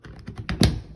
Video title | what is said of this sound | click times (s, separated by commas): Replacing Honeywell TH8321R1001 Thermostat With Nest 3rd Gen. Model for Carrier CH14 With Heat Pump | and you can see that i'm going to do that now and put it in so it just snaps in place there | 0.5 s, 0.6 s